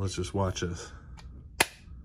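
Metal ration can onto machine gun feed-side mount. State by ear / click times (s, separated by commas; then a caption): seated / 1.6 s. Someone talks briefly as an empty metal C-ration can is pushed onto the feed-side can mount of an M60 machine gun, the way cans were attached in Vietnam. After a faint tick at 1.2 s, a sharp metallic snap at 1.6 s marks the can snapping and locking onto the mount.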